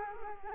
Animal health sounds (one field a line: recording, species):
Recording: mosquito wingbeat signal from an infrared sensor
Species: Culex quinquefasciatus